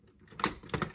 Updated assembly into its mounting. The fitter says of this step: and just click it in there and you can see how that's all clicked into place there